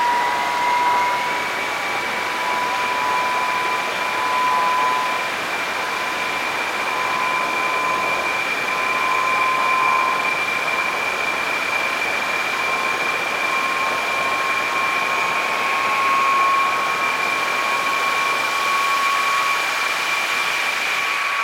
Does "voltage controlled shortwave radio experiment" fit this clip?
yes